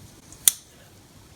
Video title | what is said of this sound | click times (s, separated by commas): Buck 112 Kicka$$ Knockoff! | A nice click. | 0.5 s